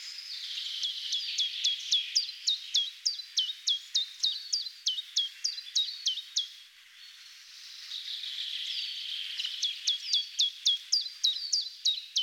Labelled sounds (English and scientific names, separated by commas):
Common Chiffchaff (Phylloscopus collybita) song